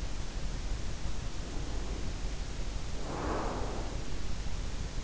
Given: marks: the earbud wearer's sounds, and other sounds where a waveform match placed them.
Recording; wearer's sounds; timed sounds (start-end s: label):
sounds in sleep by an in-ear microphone; breath
1.34-4.36 s: breath